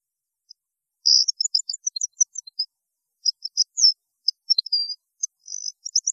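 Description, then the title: European goldfinch giving thin, high twittering notes in scattered short groups, loose and irregular, with brief gaps. "Chant Chardonneret"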